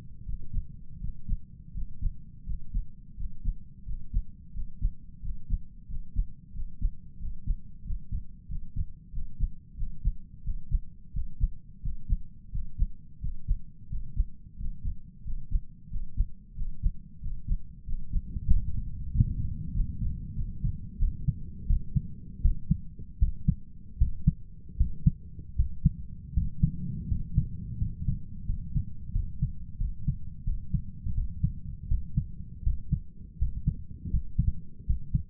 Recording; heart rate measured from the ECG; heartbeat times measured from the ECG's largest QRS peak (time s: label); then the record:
heart sounds by stethoscope; 87 bpm
0.24 s: heartbeat
0.99 s: heartbeat
1.72 s: heartbeat
2.44 s: heartbeat
3.15 s: heartbeat
3.84 s: heartbeat
4.52 s: heartbeat
5.20 s: heartbeat
5.86 s: heartbeat
6.52 s: heartbeat
7.17 s: heartbeat
7.83 s: heartbeat
8.47 s: heartbeat
9.11 s: heartbeat
9.76 s: heartbeat
10.42 s: heartbeat
11.12 s: heartbeat
11.81 s: heartbeat
12.50 s: heartbeat
13.19 s: heartbeat
13.88 s: heartbeat
14.56 s: heartbeat
15.23 s: heartbeat
15.89 s: heartbeat
16.55 s: heartbeat
17.20 s: heartbeat
17.85 s: heartbeat
18.48 s: heartbeat
19.11 s: heartbeat
19.73 s: heartbeat
20.35 s: heartbeat
20.98 s: heartbeat
21.66 s: heartbeat
22.41 s: heartbeat
23.18 s: heartbeat
23.97 s: heartbeat
24.76 s: heartbeat
25.55 s: heartbeat
26.33 s: heartbeat
27.07 s: heartbeat
27.77 s: heartbeat
28.45 s: heartbeat
29.11 s: heartbeat
29.77 s: heartbeat
30.43 s: heartbeat
31.14 s: heartbeat
31.87 s: heartbeat
32.62 s: heartbeat
33.37 s: heartbeat
34.09 s: heartbeat
34.85 s: heartbeat
From the record:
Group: healthy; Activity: breath hold 0-21 s, rest 21-35 s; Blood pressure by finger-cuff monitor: 92/64 mmHg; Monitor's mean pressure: 72 mmHg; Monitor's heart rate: 87 bpm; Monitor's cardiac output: 7.6 L/min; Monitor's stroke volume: 87 mL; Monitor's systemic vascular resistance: 640 dyn s/cm5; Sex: male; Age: 23 years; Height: 178 cm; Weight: 96.6 kg